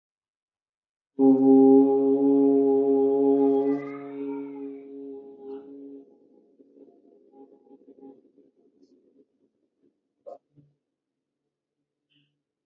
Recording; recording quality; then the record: sustained vowel as in boot; excellent, no background noise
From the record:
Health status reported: healthy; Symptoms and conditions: none ticked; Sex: male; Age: 38 years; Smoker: not ticked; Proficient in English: yes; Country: India